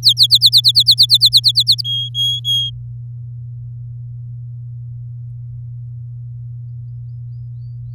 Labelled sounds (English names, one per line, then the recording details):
Domestic Canary song
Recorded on 8 May 2018 at 14:30
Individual llb16